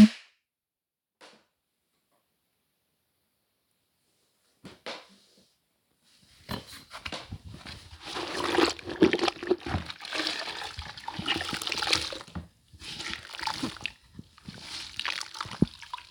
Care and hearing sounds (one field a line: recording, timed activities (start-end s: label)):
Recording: household activities, microphone on the right wrist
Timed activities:
9.80-16.11 s: floor cleaning